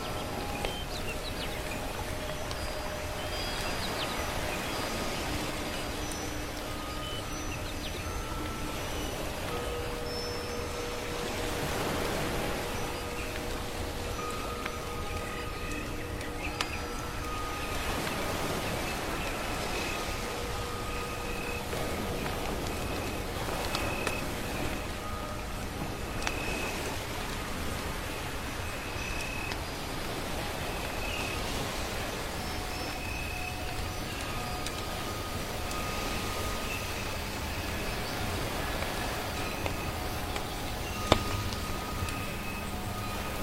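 Birds sing over soft waves and burning firewood, with a steady, dense wash of noise that stays level for the whole stretch. Thin sustained bird notes come and go throughout, and small crackles pop up now and then, with one sharper snap near the end.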